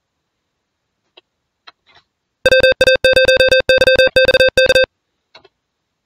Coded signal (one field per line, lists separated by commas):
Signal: Morse code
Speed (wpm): 40 wpm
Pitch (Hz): 520 Hz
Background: none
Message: WA0YXK